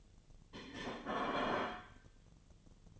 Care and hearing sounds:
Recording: daily activity, microphone in the room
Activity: place plate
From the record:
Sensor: 4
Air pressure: 1010.2 hPa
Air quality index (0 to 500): 180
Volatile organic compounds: 5 ppm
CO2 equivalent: 1827 ppm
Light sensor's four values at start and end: 30/91/35/35 and 30/91/35/35

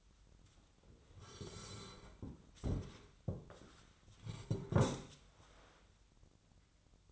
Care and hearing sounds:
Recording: daily activity, microphone in the room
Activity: sit down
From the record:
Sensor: 3

